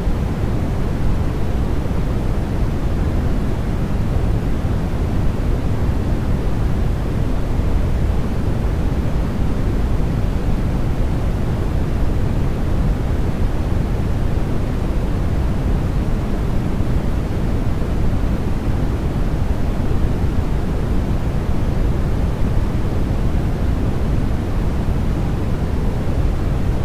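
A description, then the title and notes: Steady, unbroken white noise with a deep, rumbling low end and softer hiss above, holding an even level with no distinct events throughout. Calming White Noise Sleeping Sounds.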